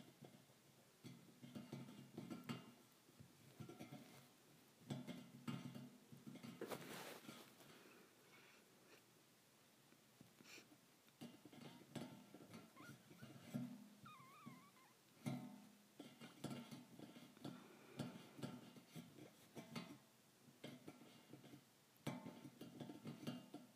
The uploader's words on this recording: ASMR Tapping Thin Metal Bars.